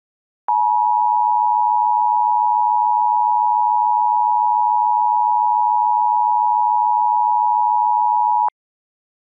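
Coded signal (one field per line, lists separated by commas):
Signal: Emergency Alert System (SAME) tones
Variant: 853 and 960 Hz attention tone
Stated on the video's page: Fictional EAS scenario themed on Majora's Mask.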